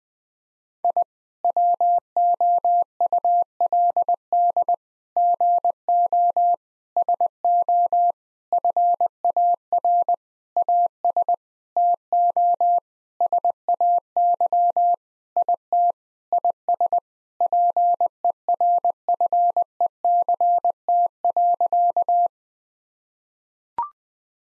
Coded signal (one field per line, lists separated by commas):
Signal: Morse code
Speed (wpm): 20 wpm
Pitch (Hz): 700 Hz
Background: none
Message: I WOULD GO SO FAR AS TO SAY IT IS PERFECT.